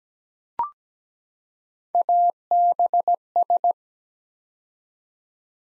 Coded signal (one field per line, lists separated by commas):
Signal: Morse code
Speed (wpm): 17 wpm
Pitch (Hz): 700 Hz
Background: none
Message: ABS